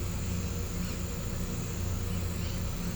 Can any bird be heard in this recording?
no